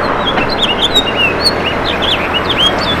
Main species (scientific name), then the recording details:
Haemorhous mexicanus. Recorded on Long Island, New York, on 18 June 2012. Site OG. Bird B